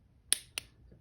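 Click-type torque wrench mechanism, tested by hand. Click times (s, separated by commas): 0.3 s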